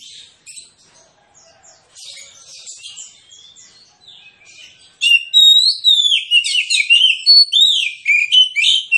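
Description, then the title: Oriental magpie-robin song, quiet twittering at first, then loud, fast, varied whistled phrases with sweeping and falling notes. Magpie-robin (kacer) singing in a fighting style, full of loud bursts ('tembakan'), meant to provoke rivals to fight; also offered as therapy for birds reluctant to sing. "Kacer Langsung Tarung Konslet KACER NGOTOT FULL TEMBAKAN. Kicau Kacer santaiterapi Kacer males bunyi"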